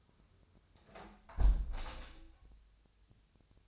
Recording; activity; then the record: daily activity, microphone in the room; close window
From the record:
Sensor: 2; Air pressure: 1014.7 hPa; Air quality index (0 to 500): 29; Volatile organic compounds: 1 ppm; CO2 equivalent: 525 ppm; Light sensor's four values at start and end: 8/19/8/8 and 8/19/8/8